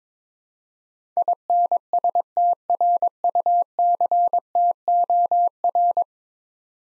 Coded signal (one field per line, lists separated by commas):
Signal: Morse code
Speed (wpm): 22 wpm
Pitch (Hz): 700 Hz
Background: none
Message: INSTRUCTOR